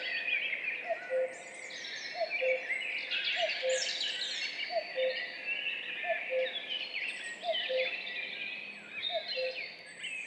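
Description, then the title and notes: Common cuckoo giving regular descending 'cu-coo' pairs about every 1.3 seconds, with a lively mix of chirping and whistling small birds throughout. Duet of two common cuckoos recorded at 5:20 at dawn on 14 May 2019, in spring, on the Piste aux espagnols, Val Maravel; stereo recording with Mixpre3 and MKH8020 microphones. "Duo de coucou. 14 mai 2019-Piste aux espagnols - Val Maravel - 5h20. un mémorable duo de deux coucous gris"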